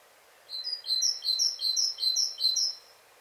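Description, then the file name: Great tit song, a brisk two-note phrase alternating low and high pitch, repeated several times, with soft background hiss. "Parus major"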